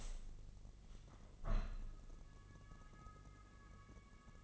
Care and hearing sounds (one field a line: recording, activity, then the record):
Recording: daily activity, microphone in the room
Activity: open window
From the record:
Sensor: 4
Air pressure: 1013.1 hPa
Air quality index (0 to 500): 171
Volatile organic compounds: 2 ppm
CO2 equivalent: 1077 ppm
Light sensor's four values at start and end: 65/161/67/68 and 59/147/61/63